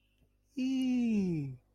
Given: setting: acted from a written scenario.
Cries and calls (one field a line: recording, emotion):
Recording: vocal sound without words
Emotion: adoration